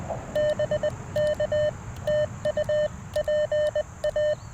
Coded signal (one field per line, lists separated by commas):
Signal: Morse code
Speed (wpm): 19 wpm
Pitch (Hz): 590 Hz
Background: none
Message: BK TU PA